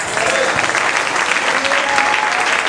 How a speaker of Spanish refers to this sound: Dele esa ofrenda de palmas al Señor, amado hermano. Déselo con toda su fuerza, déselo con todo su corazón, aleluya.